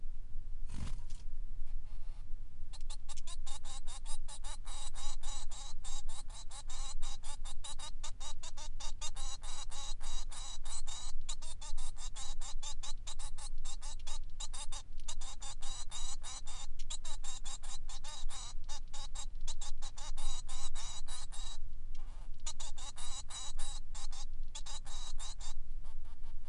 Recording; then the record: song of a male Bengalese finch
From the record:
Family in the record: son of father 3